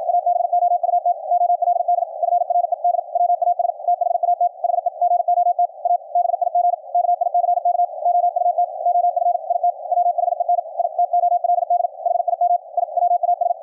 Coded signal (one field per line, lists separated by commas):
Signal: Morse code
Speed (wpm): 53 wpm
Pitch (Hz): 700 Hz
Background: radio noise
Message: ABOUT OLD FRED WAS THAT HE GOT A BIG KICK OUT OF IT WHEN I TOLD HIM I WAS